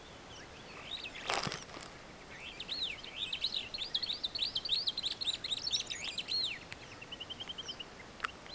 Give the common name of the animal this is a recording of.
Superb Starling